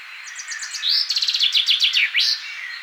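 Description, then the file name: Common chaffinch song, one complete phrase of rapid chipped notes falling in pitch, then a distinct flourish at the end. "Fringilla coelebs"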